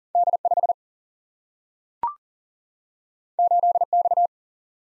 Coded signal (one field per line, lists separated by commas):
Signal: Morse code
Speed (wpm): 40 wpm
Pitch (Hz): 700 Hz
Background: none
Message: D 5 8 X